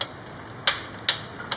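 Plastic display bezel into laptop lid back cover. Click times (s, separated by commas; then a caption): 0.0 s, 0.7 s, 1.1 s, 1.5 s. The plastic screen bezel of a Lenovo V110-15ISK laptop is put back onto the lid's back cover and gently squeezed down by hand. Four sharp, bright snaps ring out at 0.0, 0.7, 1.1 and 1.5 seconds as its clips click into place over a quiet background. The bezel is seated and fixed, since the click shows it is secure.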